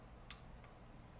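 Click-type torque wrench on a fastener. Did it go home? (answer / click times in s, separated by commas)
yes / 0.3 s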